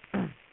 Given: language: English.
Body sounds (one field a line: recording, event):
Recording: throat vibration sensor signal played as sound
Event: throat clearing